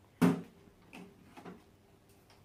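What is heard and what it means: A floor head is being twisted onto the plastic extension tube of a Miele Blizzard CX1 Cat and Dog Hair vacuum. A sharp knock at about 0.2 s is followed by lighter plastic handling taps around 1.0 s and 1.4–1.5 s, then faint ticks near 2.1–2.3 s. Nothing has seated or clicked yet.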